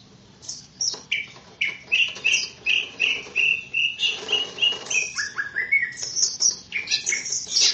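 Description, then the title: Greater green leafbird song, a run of clear repeated whistled notes about three per second, then fast rising and falling chirps and twittering phrases. "KICAU BURUNG CUCAK IJO"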